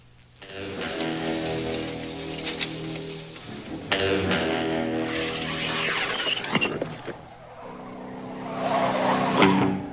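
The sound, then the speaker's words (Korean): A car engine roars as Benedict's car charges head-on in a film scene, tires squealing and skidding loudly, the harsh screech rising in waves over the steady motor drone. “그때 정면에서 베네딕트의 자동차가 돌진해 옵니다.”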